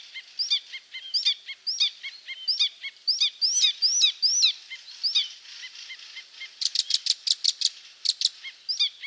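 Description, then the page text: Icterine warbler song of repeated chirps in a steady rhythm, then a rapid, harsh burst of notes before the chirps return. "Пересмешка зелёная. Голоса птиц."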